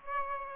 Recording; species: mosquito wingbeat signal from an infrared sensor; Aedes aegypti